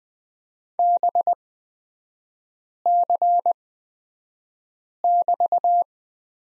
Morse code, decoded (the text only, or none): BC<BT>